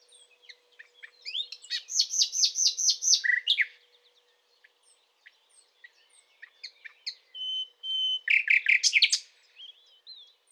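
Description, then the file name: Common nightingale song: a rapid series of loud repeated notes, then scattered soft chirps, a held pure whistle and a final burst of harsh rapid notes. "Luscinia megarhynchos"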